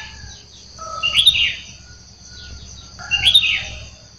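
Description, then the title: Sooty-headed bulbul singing two brief, liquid, warbled phrases about two seconds apart over a constant high whine and faint low rumble. "Kutilang"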